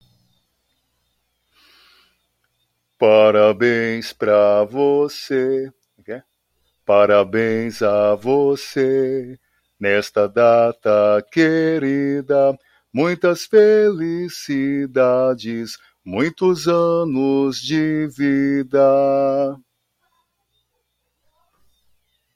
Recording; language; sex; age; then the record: short text; Brazilian Portuguese; male; 30 to 39 years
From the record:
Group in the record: control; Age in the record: 33 years